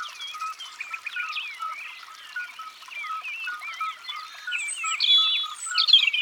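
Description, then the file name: European robin song, a run of looping whistled notes and higher shrill flourishes toward the end, over a steady lower repeated note. "Rougegorge familier"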